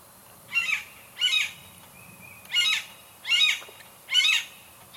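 Bird calls, five harsh, high-pitched rasping notes, each about a quarter second long, unevenly spaced about a second apart against a quiet background.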